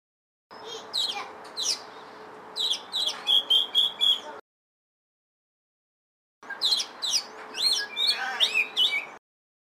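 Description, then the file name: Oriental magpie-robin singing bursts of varied, quick chirps, trills and slurred whistles in two phrases separated by a pause, over a steady low hum. "audio-burung-kacer-lutung-cebu 2-omkicau"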